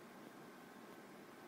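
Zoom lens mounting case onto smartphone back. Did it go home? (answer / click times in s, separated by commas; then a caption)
no / none. A plastic mounting case for a 6X zoom lens is handled against the back of an iPhone before being pressed on. Only a steady, even hiss is heard, with no distinct click. Nothing has snapped or seated yet.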